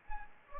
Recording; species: mosquito wingbeat signal from an infrared sensor; Anopheles gambiae